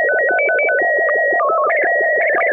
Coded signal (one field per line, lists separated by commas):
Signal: SSTV (slow-scan television)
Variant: PD 90